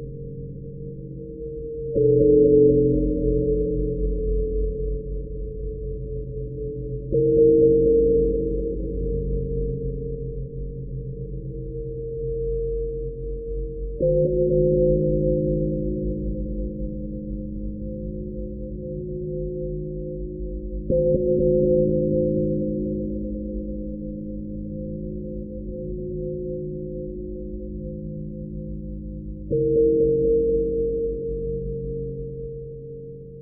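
A small prayer bowl is struck with a soft mallet about every six to seven seconds, at roughly 2, 7, 14, 21 and 29 seconds. Each strike blooms into steady, overlapping humming tones that fade slowly until the next. The sound stays mellow, with no bright top.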